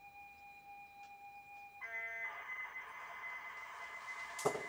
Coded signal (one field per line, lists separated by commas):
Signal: ZX Spectrum tape loading